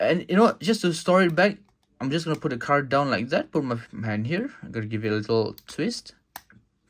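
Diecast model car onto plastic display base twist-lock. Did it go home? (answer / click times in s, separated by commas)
yes / 6.4 s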